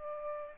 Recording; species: mosquito wingbeat signal from an infrared sensor; Aedes aegypti